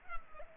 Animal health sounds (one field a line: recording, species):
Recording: mosquito wingbeat signal from an infrared sensor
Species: Culex pipiens